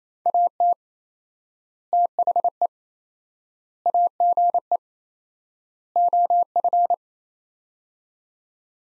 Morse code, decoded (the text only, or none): AT THE AGE OF